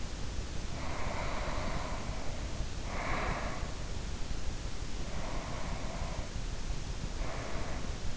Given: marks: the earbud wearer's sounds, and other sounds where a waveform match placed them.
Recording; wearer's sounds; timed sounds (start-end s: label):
sounds in sleep by an in-ear microphone; breath
0.54-3.67 s: breath
4.95-8.17 s: breath